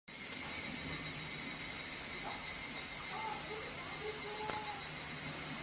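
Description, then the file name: Evening cicada droning steadily on a high shrill note, with a few faint lower chirps underneath. "higurashi"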